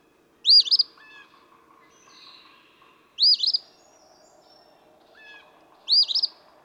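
Eastern phoebe song: three scratchy rising-and-falling phrases roughly every two and a half seconds, with brief bird notes between.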